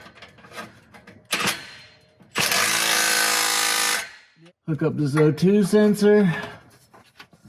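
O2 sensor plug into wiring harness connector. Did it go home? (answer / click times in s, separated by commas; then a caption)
yes / 7.2 s. An O2 sensor plug is pushed into its wiring harness connector one-handed under the car while someone talks, with a loud burst of power tool whirring in the middle. The connector clicks in at 7.2 s and is confirmed seated.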